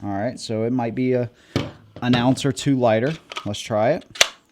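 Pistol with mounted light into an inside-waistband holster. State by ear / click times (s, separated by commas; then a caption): not seated / none. Someone talks while a P365 XL pistol with a Lima weapon light is handled for pushing into a plastic (Kydex-style) inside-waistband holster, with a brief sharp handling sound near the end. Nothing has seated or clicked into the holster's retention yet.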